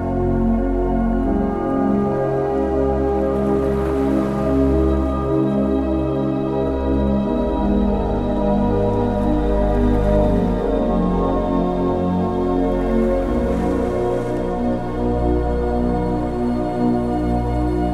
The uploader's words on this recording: Set against the relaxing sounds of the ocean, this track will transport you on to a midnight sail, with the gentle relaxing music you need to fall asleep deeply all night long.